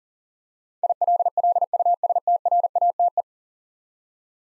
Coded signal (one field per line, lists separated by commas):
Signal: Morse code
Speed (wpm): 40 wpm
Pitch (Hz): 700 Hz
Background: none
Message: ILLUSTRATE